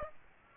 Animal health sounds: mosquito wingbeat signal from an infrared sensor; Aedes aegypti

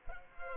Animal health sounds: mosquito wingbeat signal from an infrared sensor; Culex pipiens

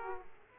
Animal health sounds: mosquito wingbeat signal from an infrared sensor; Aedes aegypti

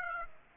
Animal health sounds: mosquito wingbeat signal from an infrared sensor; Aedes aegypti

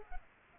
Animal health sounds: mosquito wingbeat signal from an infrared sensor; Culex pipiens

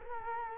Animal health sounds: mosquito wingbeat signal from an infrared sensor; Culex quinquefasciatus

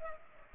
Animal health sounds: mosquito wingbeat signal from an infrared sensor; Culex pipiens

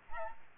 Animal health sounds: mosquito wingbeat signal from an infrared sensor; Aedes aegypti

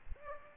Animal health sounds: mosquito wingbeat signal from an infrared sensor; Aedes aegypti

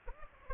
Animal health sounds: mosquito wingbeat signal from an infrared sensor; Aedes aegypti

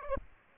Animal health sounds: mosquito wingbeat signal from an infrared sensor; Aedes aegypti

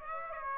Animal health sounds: mosquito wingbeat signal from an infrared sensor; Aedes aegypti

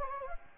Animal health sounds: mosquito wingbeat signal from an infrared sensor; Anopheles gambiae

